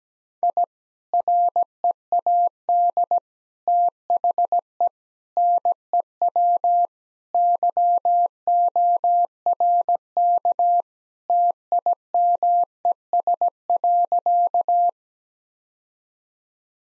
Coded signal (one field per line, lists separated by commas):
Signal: Morse code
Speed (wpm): 17 wpm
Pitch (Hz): 700 Hz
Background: none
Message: I READ THE NEW YORK TIMES.